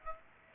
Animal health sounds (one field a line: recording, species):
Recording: mosquito wingbeat signal from an infrared sensor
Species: Aedes aegypti